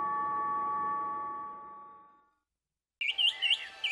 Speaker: Do you hear that? It's a wood thrush.